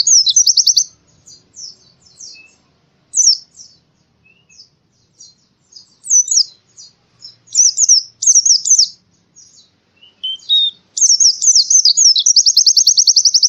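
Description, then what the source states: Canary singing a varied stream of high chirps, slurred whistles and short trills with brief pauses, finishing with a long, rapid, rattling trill. Canary song used as a master song for training birds.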